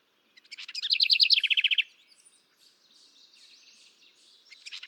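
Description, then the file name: House wren delivering a loud, rapid bubbling trill that falls in pitch, followed by softer warbled notes and the start of another phrase. "canto da garrincha"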